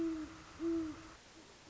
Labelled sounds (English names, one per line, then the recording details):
Great Horned Owl
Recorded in Sonoma County, California